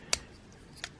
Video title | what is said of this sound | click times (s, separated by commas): NXEdge Style 34: Ryuoumaru Figure Review | and especially once you put it back, it kind of locks in place. | 0.1 s